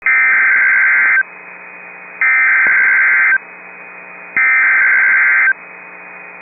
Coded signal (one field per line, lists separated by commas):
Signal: Emergency Alert System (SAME) tones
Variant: header bursts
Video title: Tornado Warning (9/14/25) [EAS #306]